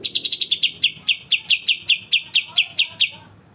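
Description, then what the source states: Streaked spiderhunter song: a fast, dense start of high chips that slows into evenly spaced sharp notes, about four per second. Bird recorded singing in full, clear, long bouts (gacor); intended as a training recording (masteran) for birds.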